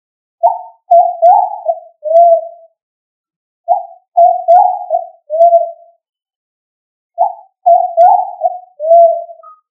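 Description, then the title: Pigeon cooing in three phrases of soft, hooting notes, a phrase about every three and a half seconds with silence between. "Columbidae Pomba"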